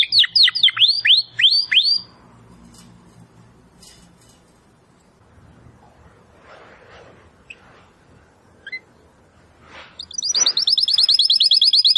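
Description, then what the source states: Domestic canary giving a burst of rapid sweeping notes, then near silence with faint background noise, then a fast, high trill. Belgian canary (Campainha), singing.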